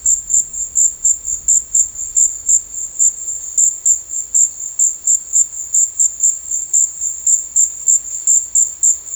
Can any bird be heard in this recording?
no